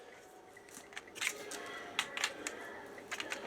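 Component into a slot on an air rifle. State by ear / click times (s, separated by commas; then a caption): seated / 2.0 s. A component is pushed into a slot on an SPA M60 air rifle and snaps into place with a sharp click at 2.0 s, among a few smaller handling clicks. It locks in place but still has a bit of wiggle room.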